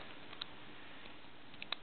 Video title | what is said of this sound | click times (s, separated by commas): Prime and Megatron DOTM Cyberverse weapons - How to Disable firing. | There we go. See, and that clips in. | 1.6 s, 1.7 s